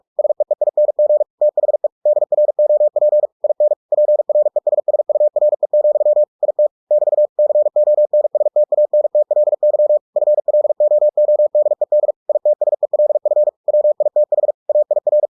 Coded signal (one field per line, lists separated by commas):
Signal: Morse code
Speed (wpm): 46 wpm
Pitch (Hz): 600 Hz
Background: none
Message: SEEING THE DROP IN PRESSURE, IT <BT> CONSTANTLY FLOODED ITSELF WITH AIR